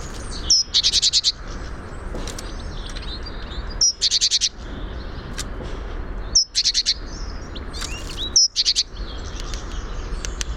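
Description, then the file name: Great tit calls: four bouts, each a short high note followed by a rapid pulsed chatter, spaced a few seconds apart. "Parus major"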